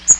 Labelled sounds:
Magnolia Warbler flight call

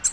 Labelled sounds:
Nashville Warbler flight call

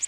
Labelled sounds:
Orange-crowned Warbler flight call

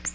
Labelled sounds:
Nashville Warbler flight call

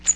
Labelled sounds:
Magnolia Warbler flight call

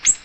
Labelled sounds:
Ovenbird flight call

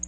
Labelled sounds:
Black-throated Blue Warbler flight call

